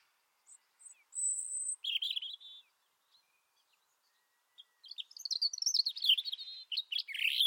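European Robin singing: thin high whistles, then a short phrase and, after a pause, fast twittering warbles.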